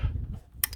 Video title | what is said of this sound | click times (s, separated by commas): P0193 Fuel Rail Pressure Sensor Replacement - Ford Focus ST Ep96 | give that a resounding push and click sound. | 0.6 s